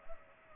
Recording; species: mosquito wingbeat signal from an infrared sensor; Culex pipiens